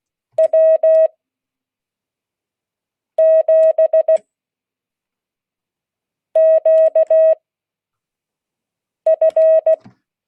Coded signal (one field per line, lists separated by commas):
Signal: Morse code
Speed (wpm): 16 wpm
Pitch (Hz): 640 Hz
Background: none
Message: W7QF